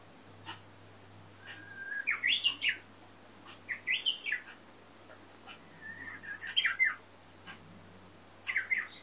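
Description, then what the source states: Japanese bush warbler singing repeatedly: about four phrases of bright twisting flourishes, some led in by a level whistled note, with pauses between. Song rendered as hokekyo.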